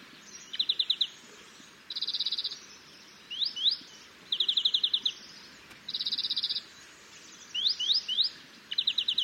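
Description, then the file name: European greenfinch song: bursts of fast trilled notes alternating with short rising twitters, each phrase about half a second long, separated by brief pauses, over faint background noise. "Chloris chloris"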